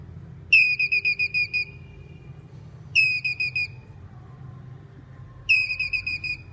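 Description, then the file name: Squirrel calling in three bursts about two and a half seconds apart, each a fast run of shrill chips ending in a drawn-out high tone. Male squirrel calling. "Tieng soc duc keu"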